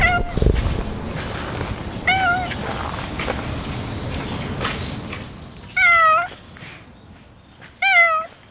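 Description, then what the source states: Domestic cat meowing: two fainter meows, then two loud, wavering meows about two seconds apart, with low background rumble between calls. Cat named Hachi, the idol cat of the Philosopher's Path, greeted in the morning and 'interviewed'; 2/17.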